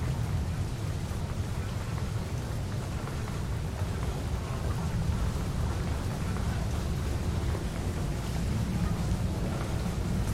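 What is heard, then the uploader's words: A field recording from Saint Petersburg filled with a steady, dense low rumble, like a passing boat or heavy vehicle engine, holding nearly constant for the full ten seconds. Faint hiss and scattered light ticks sit above it, with gusty wind texture throughout. Winter in Saint Petersburg presents a sound art work with field recordings collected in Saint Petersburg.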